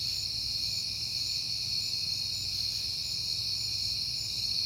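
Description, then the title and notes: Crickets trilling constantly in a thick, unbroken high chorus, with a soft low hum beneath. Recorded on a peaceful night in September. "Night Time: Crickets and Passing Cars. It is September and I have been hearing the crickets a lot, but finally had a peaceful night to make the recording"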